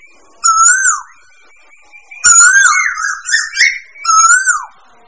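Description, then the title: Bird song with loud whistled phrases, slurred up then down, three bursts in five seconds, the middle one longer with varied warbled notes. Mixed birds. "manuk campur"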